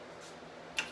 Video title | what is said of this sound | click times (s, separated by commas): Hitachi Miter Saw Review | the button in you can swing it to anything and you hear it click lock it in it's | 0.8 s